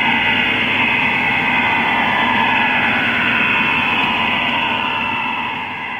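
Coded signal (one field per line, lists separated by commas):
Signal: HF data modem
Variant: STANAG 4285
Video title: IDR Rome Stanag 4285 - Shortwave 6333Khz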